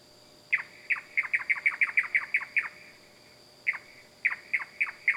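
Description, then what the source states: Bird calling: sharp, downward-sweeping chirps in quick succession, one long run, then a pause and several more, over a steady high whine. Loud bird calling at night in the wild.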